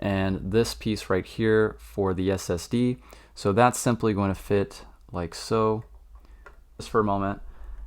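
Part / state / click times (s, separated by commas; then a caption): M.2 SSD going into an M.2 extension board / not seated / none. An M.2 SSD is lined up with the notch on an M.2 extension board and handled while someone talks, with a few faint ticks of handling near the end. Nothing has seated or clicked into place yet.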